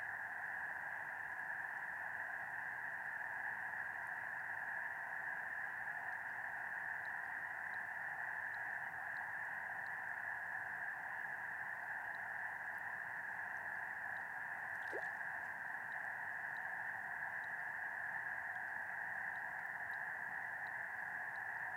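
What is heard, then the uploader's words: Frogs and toads call in a dense, unbroken chorus, a steady two-toned trilling drone, with faint ticks and a brief sharp chirp near fifteen seconds. This was recorded just after sunset beside Medicine Lake in Modoc National Forest, Siskiyou County, California. Frogs and toads called out in chorus on the far side of the lake as the darkness settled in and the clouds dissipated, revealing an incredibly starry sky. Nightfall Beside Medicine Lake.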